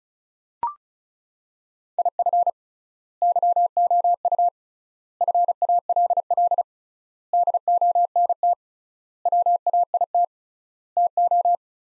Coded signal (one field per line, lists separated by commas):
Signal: Morse code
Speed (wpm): 36 wpm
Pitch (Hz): 700 Hz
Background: none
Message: IF YOU FALL DONT WAIT TO